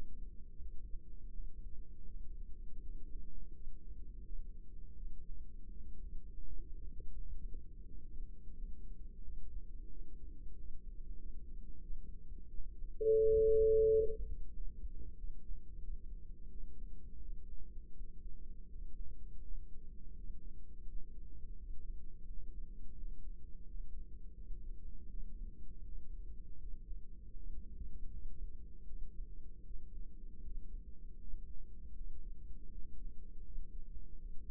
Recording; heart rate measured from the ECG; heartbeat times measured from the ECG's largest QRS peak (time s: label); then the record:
heart sounds by microphone in the right ear; 84 bpm
0.59 s: heartbeat
1.31 s: heartbeat
2.05 s: heartbeat
2.79 s: heartbeat
3.51 s: heartbeat
4.23 s: heartbeat
4.95 s: heartbeat
5.68 s: heartbeat
6.44 s: heartbeat
7.16 s: heartbeat
7.85 s: heartbeat
8.54 s: heartbeat
9.21 s: heartbeat
9.88 s: heartbeat
10.54 s: heartbeat
11.17 s: heartbeat
11.81 s: heartbeat
12.48 s: heartbeat
13.16 s: heartbeat
13.88 s: heartbeat
14.51 s: heartbeat
15.15 s: heartbeat
15.80 s: heartbeat
16.48 s: heartbeat
17.20 s: heartbeat
17.94 s: heartbeat
18.68 s: heartbeat
19.41 s: heartbeat
20.14 s: heartbeat
20.85 s: heartbeat
21.56 s: heartbeat
22.26 s: heartbeat
22.95 s: heartbeat
23.64 s: heartbeat
24.34 s: heartbeat
25.07 s: heartbeat
25.82 s: heartbeat
26.58 s: heartbeat
27.33 s: heartbeat
28.09 s: heartbeat
28.85 s: heartbeat
29.63 s: heartbeat
30.41 s: heartbeat
31.18 s: heartbeat
31.94 s: heartbeat
32.68 s: heartbeat
33.42 s: heartbeat
34.15 s: heartbeat
From the record:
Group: healthy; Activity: rest 0-15 s, breath hold 15-35 s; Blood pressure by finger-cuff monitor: 116/66 mmHg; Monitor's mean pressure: 84 mmHg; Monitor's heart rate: 82 bpm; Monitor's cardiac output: 7.2 L/min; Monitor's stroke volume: 85 mL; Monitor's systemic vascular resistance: 790 dyn s/cm5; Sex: female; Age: 24 years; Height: 163 cm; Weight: 55.7 kg